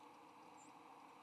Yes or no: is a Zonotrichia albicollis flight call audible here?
no